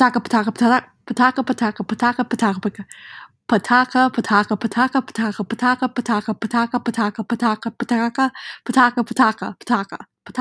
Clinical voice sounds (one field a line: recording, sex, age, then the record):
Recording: repeated syllables /pa ta ka/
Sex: female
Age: 20 to 29 years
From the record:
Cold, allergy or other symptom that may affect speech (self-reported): no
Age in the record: 21 years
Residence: Illinois, United States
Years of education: 15